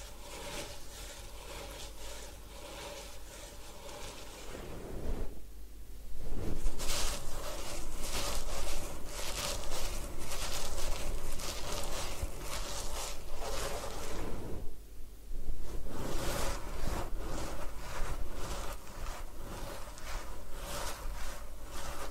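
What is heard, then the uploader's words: A head spa hair wash with a dense, steady rush of spraying water filling most of the clip. The flow briefly thins around five seconds and again near fifteen, then returns stronger with quick scrubbing and rubbing strokes. A low hum sits underneath throughout. Head Spa Hair Wash, Massage, Ear Cleaning.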